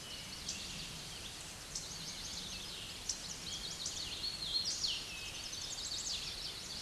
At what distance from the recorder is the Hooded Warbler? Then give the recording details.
about 30 m. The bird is about 5 m above the microphone. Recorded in a Pennsylvania forest on 16 May 2024 at 07:16. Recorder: AudioMoth, point MSD-2181. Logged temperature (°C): 12.8 °C. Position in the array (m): 131 m, 114 m